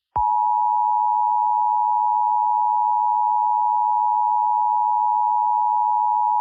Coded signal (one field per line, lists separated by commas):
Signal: Emergency Alert System (SAME) tones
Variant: 853 and 960 Hz attention tone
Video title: EAS Scenario 1: Monika's Rampage (Part 3)